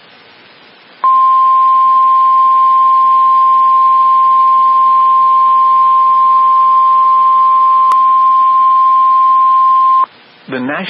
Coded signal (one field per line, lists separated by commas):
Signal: Emergency Alert System (SAME) tones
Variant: 1050 Hz attention tone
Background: speech